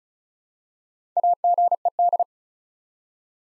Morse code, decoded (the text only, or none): AGED